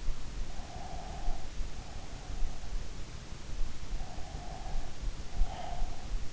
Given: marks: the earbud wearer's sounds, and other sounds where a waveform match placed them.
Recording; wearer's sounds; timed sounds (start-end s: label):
sounds in sleep by an in-ear microphone; breath
0.43-2.63 s: breath
3.92-6.25 s: breath